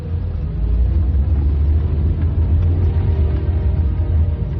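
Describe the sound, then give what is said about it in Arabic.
A car speeds away on an asphalt road, its engine and road noise forming a steady, heavy low rumble that holds an even loudness throughout, with no voices. “ولجت الطريق الإسفلتية ثم انطلقت بسرعة.”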